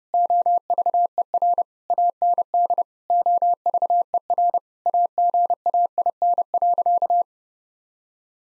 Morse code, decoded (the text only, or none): OVER AND OVER AGAIN.